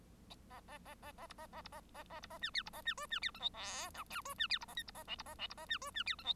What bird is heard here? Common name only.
Bengalese Finch